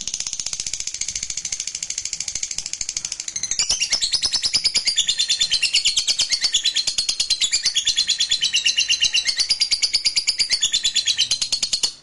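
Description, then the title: Lovebird song, a continuous fast chattering trill of high buzzy, scratchy notes with shifting pitch, unbroken throughout. Fighter lovebird singing energetically (gacor). "SUARA Lovebird FIGHTER GACOR"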